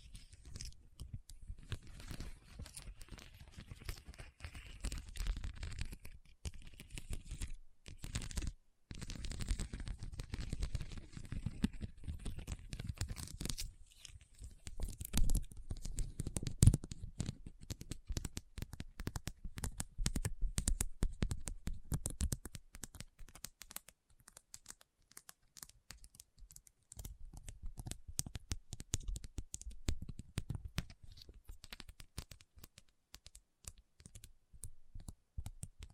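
Rhinestones are tapped and scratched, making dense clicking, rustling bursts with a low thump beneath them. The sound comes in busy stretches, with brief pauses around 8 seconds and near 25 seconds, then resumes at a steady pace.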